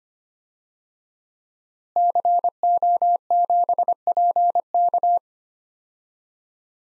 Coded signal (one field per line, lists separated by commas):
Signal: Morse code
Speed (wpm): 25 wpm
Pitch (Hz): 700 Hz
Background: none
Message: CO7PK